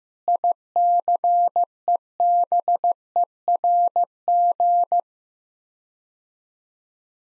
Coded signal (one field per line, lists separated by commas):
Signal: Morse code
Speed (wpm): 14 wpm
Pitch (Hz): 700 Hz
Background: none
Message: ICEBERG